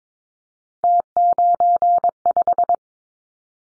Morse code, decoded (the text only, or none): T95